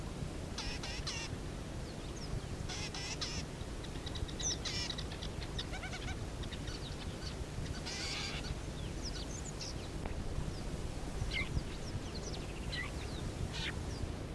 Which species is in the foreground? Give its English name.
Fork-tailed Drongo